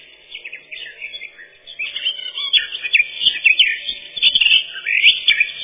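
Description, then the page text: Eurasian blackcap song: continuous, fast warbling of scratchy and whistled notes, growing louder after a quieter start and staying lively to the end. "Славка-черноголовка — Sylvia atricapilla"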